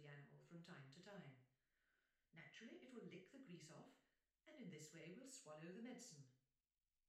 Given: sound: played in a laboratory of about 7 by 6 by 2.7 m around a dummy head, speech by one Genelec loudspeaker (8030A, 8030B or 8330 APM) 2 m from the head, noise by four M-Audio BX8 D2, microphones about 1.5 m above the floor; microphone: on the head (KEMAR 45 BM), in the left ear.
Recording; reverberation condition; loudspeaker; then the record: female speech in English; medium; behind (180 degrees)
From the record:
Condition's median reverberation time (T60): about 510 ms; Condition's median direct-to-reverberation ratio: about -0.5 dB